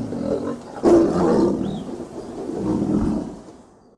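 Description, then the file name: Tiger roar that breaks out suddenly, then rolls on as a deep, rough rumble that rises again before it tails off into quiet. Growling. "richanie tigra"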